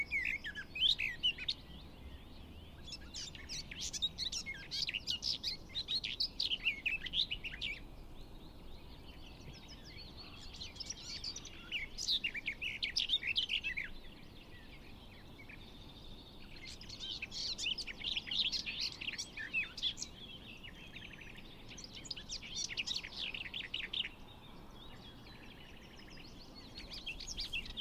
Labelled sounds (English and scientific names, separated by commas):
Garden Warbler (Sylvia borin) song